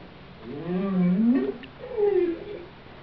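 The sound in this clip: Whale moaning calls: a rising tonal moan that swoops upward, then a second, falling moan, over steady background noise.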